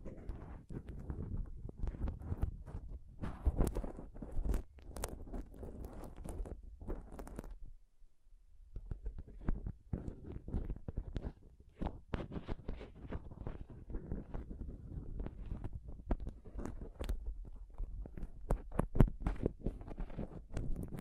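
Close-up microphone scratching and touching, a dense run of rough rubs and sharp clicks with rumbling low thumps underneath. The handling is busy and irregular, with bright crackling spikes scattered throughout. Around the eight-second mark it briefly drops to near silence before resuming.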